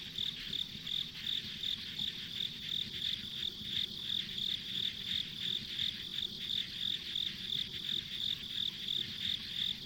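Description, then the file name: High chirping insects pulse rhythmically and without pause, layered over a dense trilling hum and a gentle low hiss. Ambient insect sounds on a country road. "田舎道の虫の環境音"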